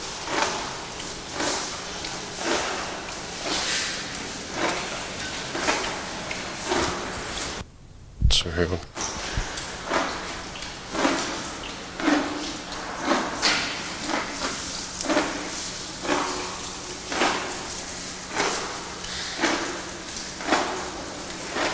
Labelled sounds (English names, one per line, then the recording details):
Black Rhinoceros
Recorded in captivity
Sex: female
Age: adult
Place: Zoo Berlin, Berlin, DE
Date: 1986-02-07
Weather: sunny, -10°C
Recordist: Tembrock, Günter
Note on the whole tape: Spitzmaulnashorn (Rhinoceros bicornis), Weibchen: Heu kauend